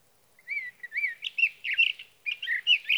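Sage thrasher song opening with clear slurred whistles, then running into a fast, mixed warble of varied sweet and scratchy notes.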